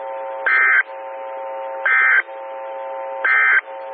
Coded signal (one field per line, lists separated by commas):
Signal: Emergency Alert System (SAME) tones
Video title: 2014-05-11 - WX9MCS 147.255 MHz SKYWARN Repeater